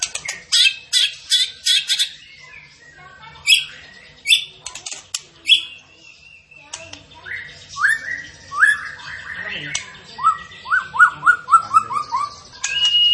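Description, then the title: Tembakan bird starting with rapid sharp chips, then a run of descending whistled slurs repeated quickly toward the end. Masteran training recording of a bird singing gacor (in full, persistent song). "Masteran Burung Tembakan Gacor"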